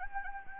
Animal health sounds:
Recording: mosquito wingbeat signal from an infrared sensor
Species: Anopheles gambiae

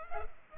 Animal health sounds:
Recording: mosquito wingbeat signal from an infrared sensor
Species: Culex pipiens

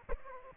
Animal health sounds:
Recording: mosquito wingbeat signal from an infrared sensor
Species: Aedes aegypti

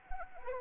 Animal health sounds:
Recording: mosquito wingbeat signal from an infrared sensor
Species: Anopheles arabiensis

